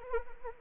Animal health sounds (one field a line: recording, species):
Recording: mosquito wingbeat signal from an infrared sensor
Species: Anopheles arabiensis